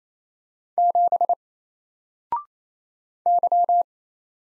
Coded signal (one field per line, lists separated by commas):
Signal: Morse code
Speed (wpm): 27 wpm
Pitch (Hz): 700 Hz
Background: none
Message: 7 Y